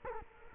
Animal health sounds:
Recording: mosquito wingbeat signal from an infrared sensor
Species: Culex quinquefasciatus

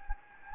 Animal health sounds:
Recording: mosquito wingbeat signal from an infrared sensor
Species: Anopheles gambiae

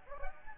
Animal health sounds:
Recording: mosquito wingbeat signal from an infrared sensor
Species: Anopheles gambiae

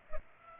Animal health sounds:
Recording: mosquito wingbeat signal from an infrared sensor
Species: Culex pipiens

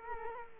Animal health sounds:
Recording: mosquito wingbeat signal from an infrared sensor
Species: Culex quinquefasciatus

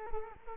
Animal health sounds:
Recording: mosquito wingbeat signal from an infrared sensor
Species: Culex quinquefasciatus

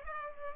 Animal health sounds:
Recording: mosquito wingbeat signal from an infrared sensor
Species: Culex pipiens

